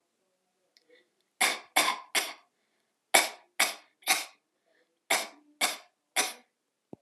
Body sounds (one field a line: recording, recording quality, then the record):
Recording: shallow voluntary cough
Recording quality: excellent, no background noise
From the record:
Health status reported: healthy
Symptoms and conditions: none ticked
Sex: female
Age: 36 years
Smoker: not ticked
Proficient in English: yes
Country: United States